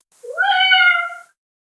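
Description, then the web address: Cat giving a single drawn-out meow, rising at the start then holding steady for about a second before fading out. "koshka"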